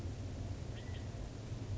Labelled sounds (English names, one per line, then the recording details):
California Quail
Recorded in Sonoma County, California